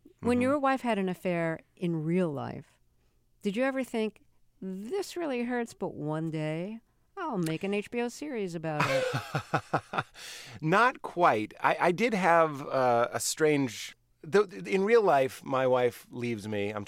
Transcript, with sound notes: When your wife had an affair in real life, did you ever think, this really hurts, but one day I'll make an HBO series about it?
(Laughter) Not quite. I did have a strange - in real life, my wife leaves me.